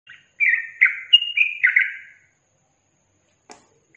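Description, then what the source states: Yellow-vented bulbul song: a short burst of several throaty whistled notes in under two seconds, followed by silence and a faint click. Songbird training (masteran) recording of trucukan song in tembakan and ropel styles.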